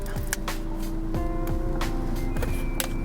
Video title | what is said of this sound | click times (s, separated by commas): The Most CHALLENGING Thing I’ve EVER Done - IF YOU Can Do This YOU can Do ANYTHING #fasting | Now it is. You heard that snap? | 2.8 s